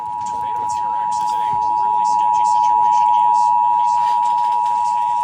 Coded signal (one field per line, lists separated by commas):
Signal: Emergency Alert System (SAME) tones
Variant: 853 and 960 Hz attention tone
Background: speech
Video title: US Emergency Alert Systems 2026 (part 8)